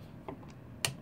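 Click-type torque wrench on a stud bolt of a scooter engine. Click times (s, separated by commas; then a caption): 0.8 s. A click-type torque wrench tightens a bolt on a cylinder stud of a GY6 scooter engine fitted with an SSP-G 180cc power kit, turned until it snaps at 5 foot-pounds. A faint tick sounds at 0.3 s, then a sharp, loud click at 0.9 s as the wrench breaks over. The bolt is confirmed torqued to 5 foot-pounds.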